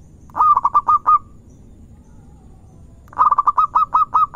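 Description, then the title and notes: Zebra dove song with two bursts of rapid, clipped coos, the second phrase longer and more drawn out, separated by a quiet gap of nearly two seconds. Lure recording of a zebra dove singing vigorously (gacor). "Pancingan Perkutut Durasi Panjang. Suara Burung Perkutut Gacor"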